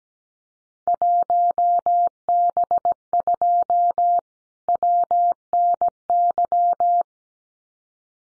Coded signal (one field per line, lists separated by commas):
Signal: Morse code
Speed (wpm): 17 wpm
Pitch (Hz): 700 Hz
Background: none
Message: 1B2 WNY